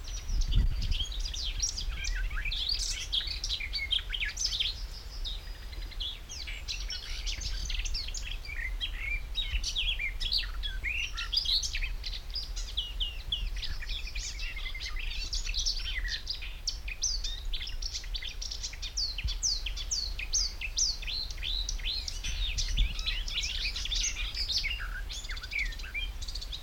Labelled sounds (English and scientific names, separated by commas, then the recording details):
Marsh Warbler (Acrocephalus palustris)
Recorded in the wild
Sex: male
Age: adult
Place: Kremmen, Brandenburg, DE
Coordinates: 52.76, 13.03
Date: 1995-06-03 15:40
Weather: heiter, 18-20°C
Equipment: Marantz CP 430, Sennheiser ME 80, Kopie Uher 4000 Report Monitor
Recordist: Tembrock, Günter